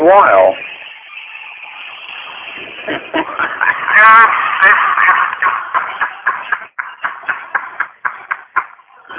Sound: crazy laughter